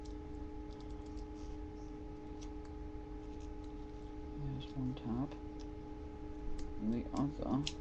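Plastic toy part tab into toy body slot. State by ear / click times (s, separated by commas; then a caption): not seated / none. During the transformation of a Hunt for the Decepticons Deluxe Terradive transforming-robot toy, a plastic part is pushed so its second tab will click into a slot in the toy body while someone talks. Light handling taps sit over a steady low hum, with brief sharper sounds near 5.6 s and 6.6 s. The clip ends before the part goes home; nothing has seated or clicked yet.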